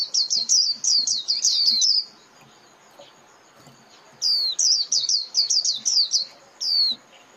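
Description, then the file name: White-eye: a run of fast, high, falling chirps, a two-second quiet gap, then another burst of similar notes. Lure call (mồi) used for trapping white-eyes. "Tieng khuyen moi"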